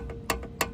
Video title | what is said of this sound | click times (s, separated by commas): 2012 Toyota Avalon Oil Change & Cabin Filter | just get it in position, and you're gonna, once you hear that clicking noise, you know that it's to spec and it's good to go. | 0.3 s, 0.6 s